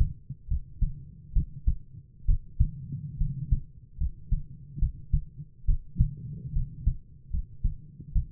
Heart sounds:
heart sounds by stethoscope; 71 bpm
0.47 s: heartbeat
1.32 s: heartbeat
2.25 s: heartbeat
3.17 s: heartbeat
3.97 s: heartbeat
4.78 s: heartbeat
5.65 s: heartbeat
6.52 s: heartbeat
7.30 s: heartbeat
8.12 s: heartbeat
From the record:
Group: healthy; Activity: rest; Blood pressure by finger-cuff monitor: 106/58 mmHg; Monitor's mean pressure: 69 mmHg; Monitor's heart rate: 69 bpm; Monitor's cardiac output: 7.4 L/min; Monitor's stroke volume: 107 mL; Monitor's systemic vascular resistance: 660 dyn s/cm5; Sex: male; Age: 22 years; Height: 185 cm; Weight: 112.4 kg

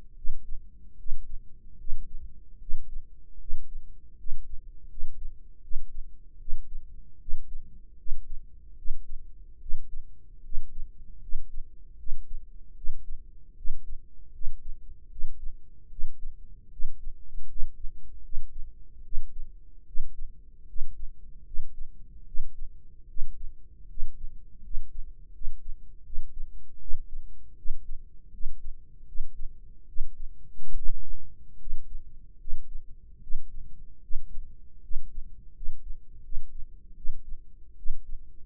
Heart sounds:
heart sounds by microphone in the right ear; 77 bpm
0.14 s: heartbeat
0.96 s: heartbeat
1.77 s: heartbeat
2.58 s: heartbeat
3.38 s: heartbeat
4.16 s: heartbeat
4.87 s: heartbeat
5.61 s: heartbeat
6.38 s: heartbeat
7.18 s: heartbeat
7.96 s: heartbeat
8.75 s: heartbeat
9.58 s: heartbeat
10.42 s: heartbeat
11.19 s: heartbeat
11.96 s: heartbeat
12.74 s: heartbeat
13.54 s: heartbeat
14.31 s: heartbeat
15.08 s: heartbeat
15.88 s: heartbeat
16.69 s: heartbeat
17.46 s: heartbeat
18.21 s: heartbeat
19.02 s: heartbeat
19.84 s: heartbeat
20.65 s: heartbeat
21.43 s: heartbeat
22.24 s: heartbeat
23.06 s: heartbeat
23.87 s: heartbeat
24.61 s: heartbeat
25.31 s: heartbeat
26.02 s: heartbeat
26.78 s: heartbeat
27.55 s: heartbeat
28.30 s: heartbeat
29.05 s: heartbeat
29.85 s: heartbeat
30.73 s: heartbeat
31.57 s: heartbeat
32.37 s: heartbeat
33.20 s: heartbeat
34.00 s: heartbeat
34.80 s: heartbeat
35.52 s: heartbeat
36.21 s: heartbeat
36.94 s: heartbeat
37.75 s: heartbeat
From the record:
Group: healthy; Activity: cold pressor test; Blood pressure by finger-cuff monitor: 137/84 mmHg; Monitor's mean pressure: 100 mmHg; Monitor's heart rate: 74 bpm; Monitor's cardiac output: 6.3 L/min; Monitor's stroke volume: 83 mL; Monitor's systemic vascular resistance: 1190 dyn s/cm5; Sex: male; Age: 21 years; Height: 180 cm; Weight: 67.5 kg

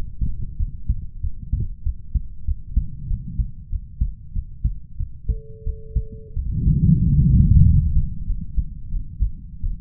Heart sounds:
heart sounds by stethoscope; 93 bpm
0.57 s: heartbeat
1.20 s: heartbeat
1.83 s: heartbeat
2.45 s: heartbeat
3.07 s: heartbeat
3.69 s: heartbeat
4.33 s: heartbeat
4.97 s: heartbeat
5.64 s: heartbeat
6.33 s: heartbeat
7.01 s: heartbeat
7.63 s: heartbeat
8.25 s: heartbeat
8.89 s: heartbeat
9.60 s: heartbeat
From the record:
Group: healthy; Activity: rest 0-7 s, breath hold 7-10 s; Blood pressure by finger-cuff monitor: 98/68 mmHg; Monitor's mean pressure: 79 mmHg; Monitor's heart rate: 94 bpm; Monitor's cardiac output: 7 L/min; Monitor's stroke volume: 73 mL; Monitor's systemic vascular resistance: 810 dyn s/cm5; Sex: male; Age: 20 years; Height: 187 cm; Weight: 68.9 kg

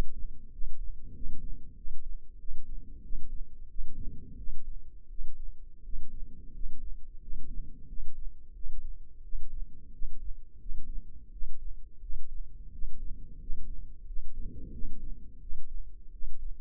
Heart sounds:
heart sounds by microphone in the left ear; 88 bpm
0.51 s: heartbeat
1.13 s: heartbeat
1.75 s: heartbeat
2.38 s: heartbeat
3.02 s: heartbeat
3.68 s: heartbeat
4.37 s: heartbeat
5.09 s: heartbeat
5.83 s: heartbeat
6.53 s: heartbeat
7.20 s: heartbeat
7.87 s: heartbeat
8.54 s: heartbeat
9.22 s: heartbeat
9.92 s: heartbeat
10.59 s: heartbeat
11.31 s: heartbeat
12.01 s: heartbeat
12.71 s: heartbeat
13.39 s: heartbeat
14.06 s: heartbeat
14.72 s: heartbeat
15.40 s: heartbeat
16.11 s: heartbeat
From the record:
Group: healthy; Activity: cold pressor test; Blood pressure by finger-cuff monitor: 134/70 mmHg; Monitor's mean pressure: 88 mmHg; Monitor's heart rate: 89 bpm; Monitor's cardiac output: 9.3 L/min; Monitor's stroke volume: 107 mL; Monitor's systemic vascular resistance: 680 dyn s/cm5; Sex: male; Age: 24 years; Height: 184 cm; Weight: 89 kg

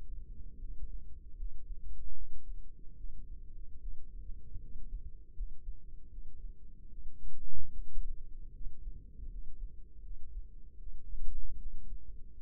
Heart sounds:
heart sounds by microphone in the left ear; 76 bpm
0.59 s: heartbeat
1.36 s: heartbeat
2.14 s: heartbeat
2.96 s: heartbeat
3.80 s: heartbeat
4.59 s: heartbeat
5.34 s: heartbeat
6.09 s: heartbeat
6.89 s: heartbeat
7.70 s: heartbeat
8.52 s: heartbeat
9.29 s: heartbeat
10.01 s: heartbeat
10.78 s: heartbeat
11.57 s: heartbeat
12.41 s: heartbeat
From the record:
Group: healthy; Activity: rest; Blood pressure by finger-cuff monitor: 112/61 mmHg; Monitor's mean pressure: 76 mmHg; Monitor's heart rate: 75 bpm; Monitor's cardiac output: 6.9 L/min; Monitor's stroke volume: 92 mL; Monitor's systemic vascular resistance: 790 dyn s/cm5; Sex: female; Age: 22 years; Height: 160 cm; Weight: 63 kg

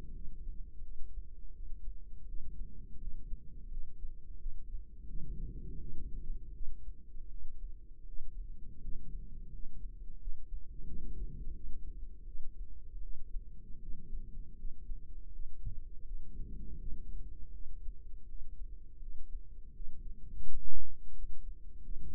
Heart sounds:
heart sounds by microphone in the right ear; 83 bpm
0.12 s: heartbeat
0.80 s: heartbeat
1.51 s: heartbeat
2.25 s: heartbeat
2.98 s: heartbeat
3.68 s: heartbeat
4.37 s: heartbeat
5.06 s: heartbeat
5.77 s: heartbeat
6.51 s: heartbeat
7.27 s: heartbeat
8.04 s: heartbeat
8.80 s: heartbeat
9.50 s: heartbeat
10.18 s: heartbeat
10.85 s: heartbeat
11.53 s: heartbeat
12.24 s: heartbeat
13.00 s: heartbeat
13.79 s: heartbeat
14.55 s: heartbeat
15.30 s: heartbeat
16.04 s: heartbeat
16.77 s: heartbeat
17.51 s: heartbeat
18.25 s: heartbeat
18.99 s: heartbeat
19.72 s: heartbeat
20.43 s: heartbeat
21.13 s: heartbeat
21.82 s: heartbeat
From the record:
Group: healthy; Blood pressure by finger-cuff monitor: 112/65 mmHg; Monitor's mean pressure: 82 mmHg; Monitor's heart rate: 83 bpm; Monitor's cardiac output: 8.4 L/min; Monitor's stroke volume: 101 mL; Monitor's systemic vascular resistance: 720 dyn s/cm5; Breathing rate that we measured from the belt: 11 breaths a minute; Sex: male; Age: 33 years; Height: 179 cm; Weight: 80.4 kg

